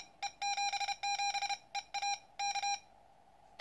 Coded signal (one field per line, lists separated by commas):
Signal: Morse code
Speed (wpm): 31 wpm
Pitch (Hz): 810 Hz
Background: none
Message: E77EA K